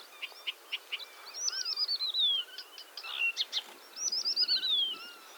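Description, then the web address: Blyth's reed warbler singing measured phrases of dry chips and ticks, broken by two long trilled whistles that slide downward. "Struikrietzanger graszanger-acrocephalus-dumetorum"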